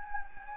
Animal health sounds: mosquito wingbeat signal from an infrared sensor; Anopheles gambiae

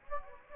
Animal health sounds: mosquito wingbeat signal from an infrared sensor; Anopheles gambiae

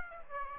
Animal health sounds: mosquito wingbeat signal from an infrared sensor; Aedes aegypti

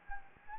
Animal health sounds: mosquito wingbeat signal from an infrared sensor; Anopheles gambiae

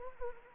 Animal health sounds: mosquito wingbeat signal from an infrared sensor; Anopheles arabiensis

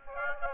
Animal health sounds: mosquito wingbeat signal from an infrared sensor; Aedes aegypti

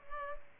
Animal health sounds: mosquito wingbeat signal from an infrared sensor; Culex pipiens

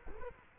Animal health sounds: mosquito wingbeat signal from an infrared sensor; Culex quinquefasciatus

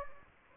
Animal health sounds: mosquito wingbeat signal from an infrared sensor; Anopheles gambiae

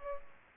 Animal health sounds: mosquito wingbeat signal from an infrared sensor; Aedes aegypti

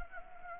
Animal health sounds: mosquito wingbeat signal from an infrared sensor; Anopheles gambiae

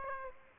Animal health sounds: mosquito wingbeat signal from an infrared sensor; Aedes aegypti

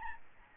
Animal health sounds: mosquito wingbeat signal from an infrared sensor; Aedes albopictus

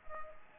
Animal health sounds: mosquito wingbeat signal from an infrared sensor; Anopheles gambiae

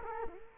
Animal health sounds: mosquito wingbeat signal from an infrared sensor; Culex quinquefasciatus

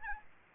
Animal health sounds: mosquito wingbeat signal from an infrared sensor; Aedes albopictus

